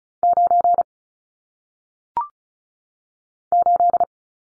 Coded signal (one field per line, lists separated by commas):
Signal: Morse code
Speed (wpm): 36 wpm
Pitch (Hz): 700 Hz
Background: none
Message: 9 8